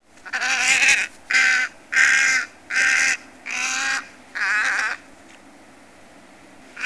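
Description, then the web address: Tricolored heron harsh calls, six rasping, buzzy squawks in succession over about five seconds, then quiet background. "Peterson North American Birds"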